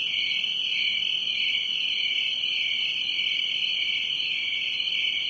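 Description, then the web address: Crickets chirping steadily, a continuous high-pitched trill that wavers slightly in loudness, nothing else audible. "Production Music SOUND EFFECTS 1 Crickets"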